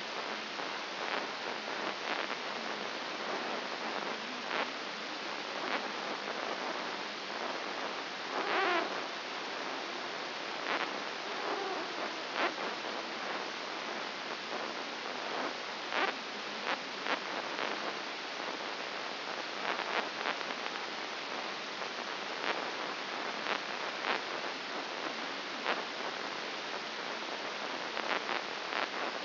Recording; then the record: brain microelectrode recording played as sound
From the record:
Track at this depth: outside the subthalamic nucleus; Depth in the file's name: 5.901 mm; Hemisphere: left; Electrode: 2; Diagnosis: Parkinson's disease